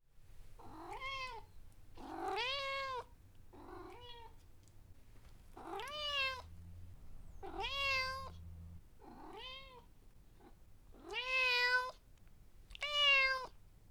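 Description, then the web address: Cat meowing repeatedly, several drawn-out rising-and-falling meows with rich harmonics, separated by short pauses over a low hum. "cat Vinnie"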